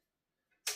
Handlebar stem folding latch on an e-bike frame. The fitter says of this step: and literally clip it in. That's nice and secure.